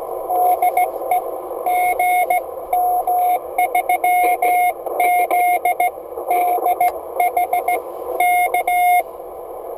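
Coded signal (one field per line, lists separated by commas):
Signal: Morse code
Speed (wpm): 15 wpm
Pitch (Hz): 720 Hz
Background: radio noise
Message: DE GM3ZDH K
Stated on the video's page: CW QSO from a car on an Icom 701 at 25W, home-made key, MFJ-1620 antenna.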